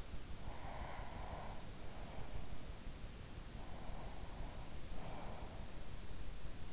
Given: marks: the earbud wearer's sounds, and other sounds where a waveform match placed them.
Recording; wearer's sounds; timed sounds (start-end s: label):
sounds in sleep by an in-ear microphone; breath
0.36-2.31 s: breath
3.69-5.87 s: breath